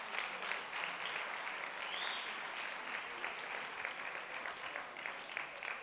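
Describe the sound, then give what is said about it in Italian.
Steady audience applause, a dense crackle of many hands clapping that holds evenly for several seconds without any voices over it, applauding a man's record of eating 138 mussels in one evening. “Possiamo fare un applauso?”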